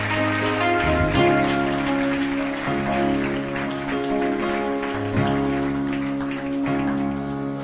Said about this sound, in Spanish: Dale palmas al Espíritu Santo de Dios, aleluya.